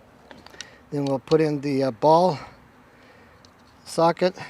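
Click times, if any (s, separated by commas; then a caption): 0.6 s. The plastic clip on the locking mechanism rod of a 2016 Nissan Rogue interior door handle is pressed on after the rod is slid into the handle. A few faint ticks lead to a sharp, small click at 0.6 s as the clip snaps into place and seats. Then someone talks.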